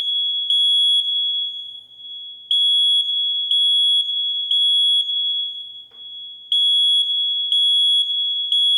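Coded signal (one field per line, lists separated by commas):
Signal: alarm pattern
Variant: smoke detector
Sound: loud shrill high-pitched alarm beeping in rapid half-second pulses, pausing briefly about every three seconds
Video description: It is the recognizable smoke alarm beep beep beep that goes off when a smoke detector senses smoke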